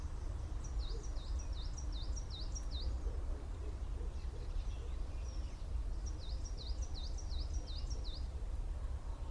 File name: chapim carvoeiro Periparus ater